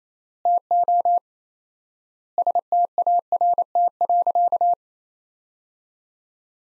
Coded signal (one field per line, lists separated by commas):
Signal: Morse code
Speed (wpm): 28 wpm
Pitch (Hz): 700 Hz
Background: none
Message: TO START.